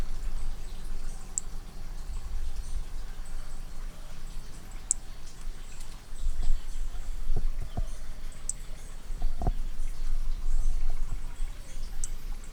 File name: B hermogenesi Picinguaba ind 1 ex 2 tudo 13 dez 2017 MRB